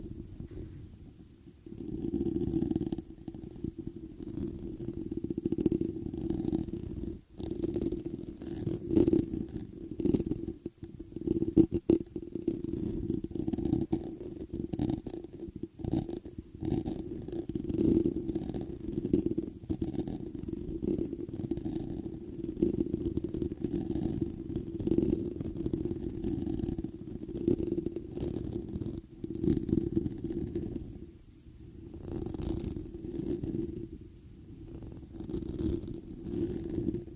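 Scratching and brushing on a foam microphone cover makes a dense, low, muffled rustle that runs nearly nonstop. It swells and thins irregularly, with brief drops near seven, twelve and thirty-one seconds, and a few sharper scrapes poke through above the dull rubbing.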